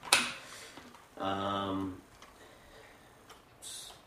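The folding stock of a metal SRC/TSD G36C (Gen II) airsoft rifle is lifted and pulled back to release it from the receiver, and the stock latch lets go with a sharp click at 0.1 s. Fainter ticks follow as someone talks, and the stock is released.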